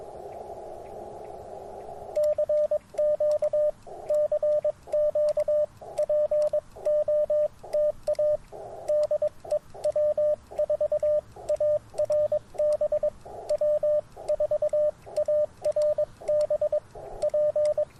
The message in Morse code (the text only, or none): CQ CQ POTA DE W4ARB W4ARB P